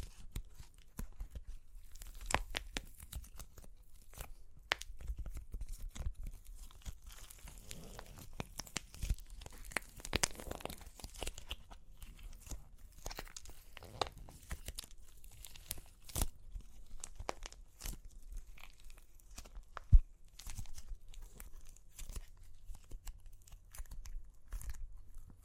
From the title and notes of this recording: Super Crunchy Clay Cracking (No Talking).